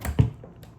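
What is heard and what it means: The handle of a Beamnova 37mm badge button press is pushed down on the first stage, pressing the shell with its printed image into the upper die. Sharp clicks come at 0.1 s and 0.2 s, followed by two fainter taps around 0.4 s and 0.6 s. The shell and image are seated and picked up under the handle.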